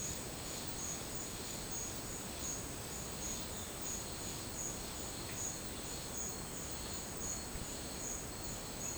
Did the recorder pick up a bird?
no